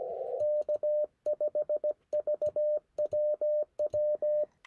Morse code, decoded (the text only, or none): K5VWW